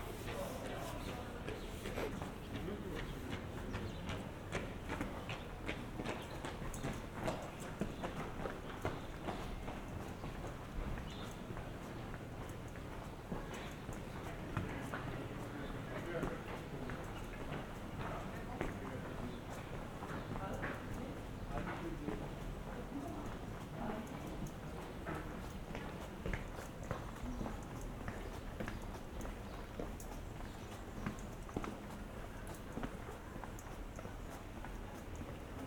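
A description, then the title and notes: A walk through the streets of Piran, Slovenia, with a steady, dense wash of voices and chatter throughout. Frequent sharp clicks and taps, like footsteps on hard ground, break through every second or so, over a constant low hum. Walking through Piran, Slovenia. Recorded with binaural microphones Roland CS10EM, on my head, with a Zoom H1n.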